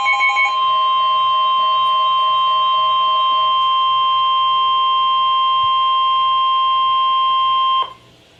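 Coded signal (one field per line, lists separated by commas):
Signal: Emergency Alert System (SAME) tones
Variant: 1050 Hz attention tone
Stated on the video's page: Real EAS alerts for tornado warnings with a tornado on the ground.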